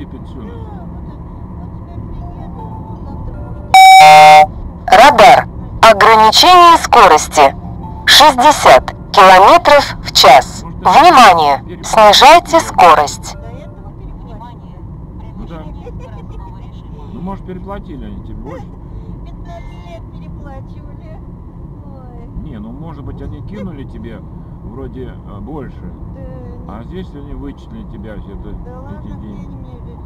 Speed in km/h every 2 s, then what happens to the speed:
71, 72, 71, 69, 69, 63, 55, 50, 50, 50, 50, 49, 51, 51, 51.
0-8 steady at about 71. 8-14 slows to 50. 14-30 steady at about 50.